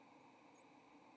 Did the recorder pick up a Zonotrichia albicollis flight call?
no